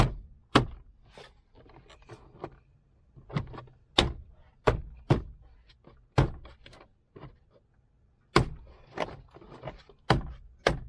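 A plastic door panel, with its posts lined up in their holes, is pushed onto a car door frame so its retaining clips snap in. Loud, sharp snaps ring out at 0.6, 4.0, 4.7, 8.4, 10.1 and 10.7 seconds, among softer knocks and rustling. The clips seat and the panel is pushed home.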